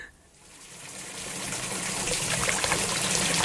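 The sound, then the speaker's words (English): Water gushes steadily into a bath in a bathroom, a broad rushing hiss that swells in volume over a few seconds after a brief quiet start, with no voices. “And the shower come out.”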